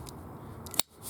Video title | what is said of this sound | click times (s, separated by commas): Montaż i opróżnianie bezprzewodowego odkurzacza pionowego Maltec | i klik było słychać także teraz już jest to zmontowane i | 0.8 s